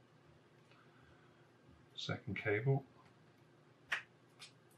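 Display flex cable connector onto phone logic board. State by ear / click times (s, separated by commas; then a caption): seated / 3.9 s. Someone talks while the second display flex cable is pressed onto its connector on the iPhone 5 logic board, with the screen held at an angle. A sharp, short click at 3.9 s marks the connector seating, followed by a fainter tick shortly after.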